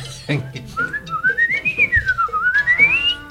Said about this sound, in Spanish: Bueno, ahí está el silbador. El silbatillo. El jilguerillo. El jilguerillo.